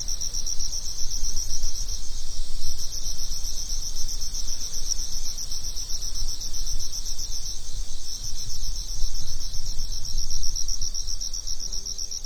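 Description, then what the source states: Cricket producing a continuous high pulsed trill with a couple of brief breaks, accompanied by a low, steady rumbling noise. Summer afternoon.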